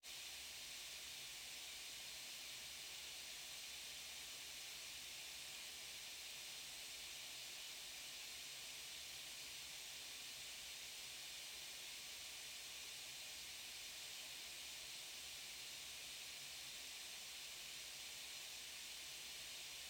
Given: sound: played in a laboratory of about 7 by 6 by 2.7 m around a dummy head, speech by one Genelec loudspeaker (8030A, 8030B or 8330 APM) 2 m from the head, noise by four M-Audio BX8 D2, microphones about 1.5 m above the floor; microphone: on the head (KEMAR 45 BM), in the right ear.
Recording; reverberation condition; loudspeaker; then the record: white noise; low; four, about 170 cm from the corners of the room and facing them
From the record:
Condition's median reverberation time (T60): about 310 ms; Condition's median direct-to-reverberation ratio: about 3.5 dB